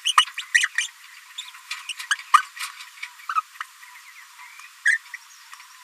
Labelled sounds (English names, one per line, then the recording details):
Green-rumped Parrotlet babbling
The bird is a female
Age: 27 days
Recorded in a nest box in Venezuela
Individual 17B73B2